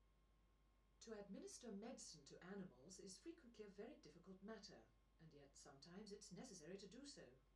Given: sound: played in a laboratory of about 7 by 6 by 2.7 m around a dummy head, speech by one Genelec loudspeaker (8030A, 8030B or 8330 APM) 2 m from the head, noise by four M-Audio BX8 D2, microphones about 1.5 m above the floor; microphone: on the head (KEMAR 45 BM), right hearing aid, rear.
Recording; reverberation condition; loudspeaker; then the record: female speech in English; low; 120 degrees to the left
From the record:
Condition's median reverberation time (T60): about 310 ms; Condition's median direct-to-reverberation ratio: about 3.5 dB